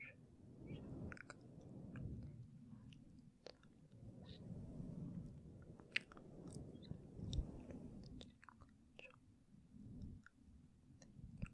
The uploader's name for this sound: Inaudible Whispering and Gentle Mic Touching